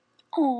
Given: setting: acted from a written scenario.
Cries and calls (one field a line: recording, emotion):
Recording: vocal sound without words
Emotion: adoration